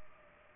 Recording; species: mosquito wingbeat signal from an infrared sensor; Aedes aegypti